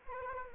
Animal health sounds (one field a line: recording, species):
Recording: mosquito wingbeat signal from an infrared sensor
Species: Anopheles arabiensis